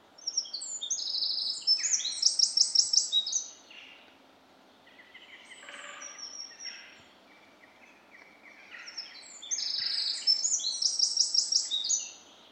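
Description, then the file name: Eurasian wren with two loud, rapid songs of high trills and twittering, separated by a stretch of softer chattering notes. "Troglodytes troglodytes"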